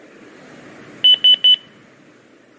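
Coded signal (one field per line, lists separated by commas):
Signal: none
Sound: radio's roger beeps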